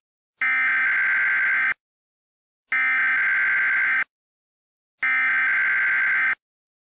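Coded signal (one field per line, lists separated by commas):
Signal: Emergency Alert System (SAME) tones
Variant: header bursts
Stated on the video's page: Mock EAS alert, simulated, using Creative Commons 0 sounds.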